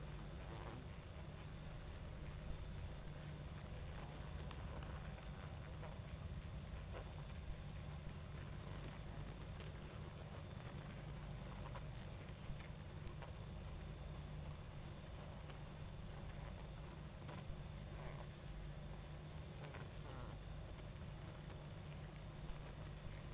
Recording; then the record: honeybee colony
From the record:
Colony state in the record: active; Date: 28 July 2017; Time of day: 21:30